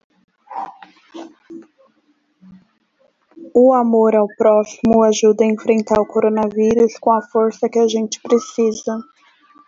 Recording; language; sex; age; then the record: spoken sentence; Brazilian Portuguese; female; 30 to 39 years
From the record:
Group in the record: control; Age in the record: 34 years